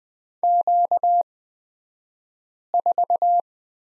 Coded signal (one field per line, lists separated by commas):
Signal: Morse code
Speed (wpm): 20 wpm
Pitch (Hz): 700 Hz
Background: none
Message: Q4